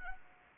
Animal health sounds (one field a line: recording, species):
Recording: mosquito wingbeat signal from an infrared sensor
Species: Anopheles arabiensis